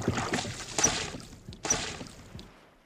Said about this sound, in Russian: Но этот старый паромщик, даже имени которого я не знаю, пригнал на нашу сторону свою дырявую лодку.